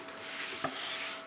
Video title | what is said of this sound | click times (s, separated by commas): Toy Review: Bandai Tamashii SPEC Tekkaman Blade and Pegas | fold this back down, snaps in place, | 0.7 s